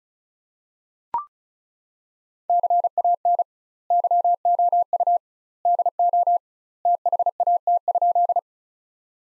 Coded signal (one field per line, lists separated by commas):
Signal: Morse code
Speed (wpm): 34 wpm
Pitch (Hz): 700 Hz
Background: none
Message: CAN YOU DO THAT?